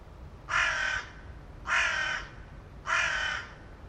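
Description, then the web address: Bird giving three loud, harsh cawing calls, each about half a second long, at intervals of just over a second, over a quiet background. "cianscape. Deverinetal. Bird Only"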